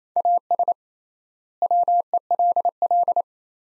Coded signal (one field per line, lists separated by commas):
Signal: Morse code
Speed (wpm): 28 wpm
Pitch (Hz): 700 Hz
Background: none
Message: AS WELL